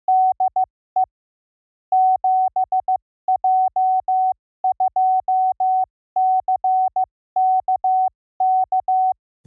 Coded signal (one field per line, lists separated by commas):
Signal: Morse code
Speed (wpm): 15 wpm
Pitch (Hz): 750 Hz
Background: none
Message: DE 7J2CKK